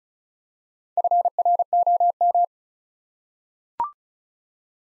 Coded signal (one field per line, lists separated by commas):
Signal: Morse code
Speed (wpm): 36 wpm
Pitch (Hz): 700 Hz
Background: none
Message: FROM